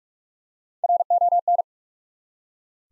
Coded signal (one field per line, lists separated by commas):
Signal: Morse code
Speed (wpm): 44 wpm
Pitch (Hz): 700 Hz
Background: none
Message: RON